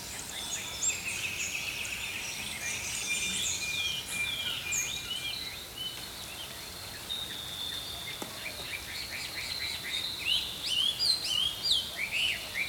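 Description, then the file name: Songbirds in chorus, a mix of long thin whistles and fast chirped notes, growing denser and louder toward the end over a faint hiss. Early morning. "Healing Power Natural Sounds Oasis - Early Morning Songbirds"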